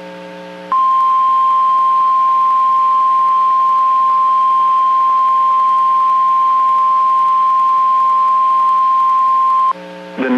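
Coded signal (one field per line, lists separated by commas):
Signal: Emergency Alert System (SAME) tones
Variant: 1050 Hz attention tone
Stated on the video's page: Severe thunderstorm warning received from NOAA weather radio station in Fort Worth, Texas.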